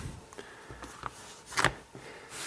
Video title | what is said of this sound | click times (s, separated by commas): Google Nexus 7 Cover: Review | so it just pops into place just snap it around the edge | 1.1 s, 1.6 s